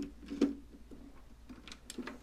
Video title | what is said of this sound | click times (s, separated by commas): Montaż regulatora MPPT, system LEGO, uruchomienie zestawu część 2 z 2 | didn't catch, it's because it's | none